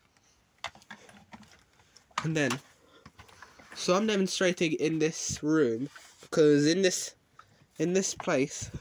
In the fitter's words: slide it onto the onto the sheet until you hear this click